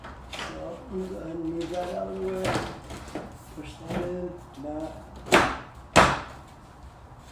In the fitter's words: that kind of pops into place this